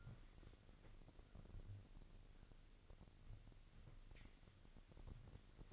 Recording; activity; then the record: daily activity, microphone in the room; wipe stove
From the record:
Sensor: 4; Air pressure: 1002.4 hPa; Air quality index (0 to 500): 215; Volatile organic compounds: 12 ppm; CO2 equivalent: 2324 ppm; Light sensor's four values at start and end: 18/66/24/24 and 18/66/24/24